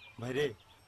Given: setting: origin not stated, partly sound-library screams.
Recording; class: one-second piece from a danger detection set; normal situation